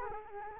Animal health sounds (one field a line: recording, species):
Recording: mosquito wingbeat signal from an infrared sensor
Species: Culex quinquefasciatus